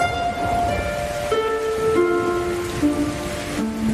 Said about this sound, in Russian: а утром пошел дождь.